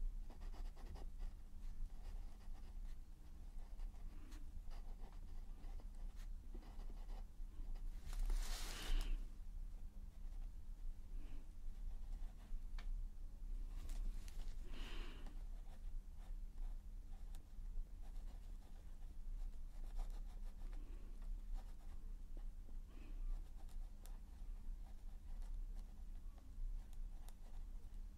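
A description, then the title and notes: Colouring pencil scratches softly over paper in short strokes, with louder bursts near 8, 15 and 23 seconds over a steady low hum. ASMR Relaxing Colouring- Pencil Sounds and Visual Triggers.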